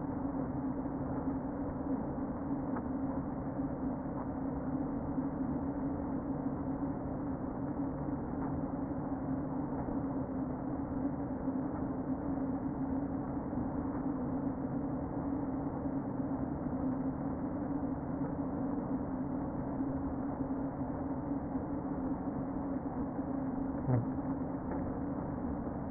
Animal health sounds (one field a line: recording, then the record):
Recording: honeybee colony, microphone inside the hive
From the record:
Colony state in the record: queen present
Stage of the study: before two queens were removed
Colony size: about 60,000 bees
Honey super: yes